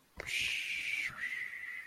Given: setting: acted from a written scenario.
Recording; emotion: vocal sound without words; serenity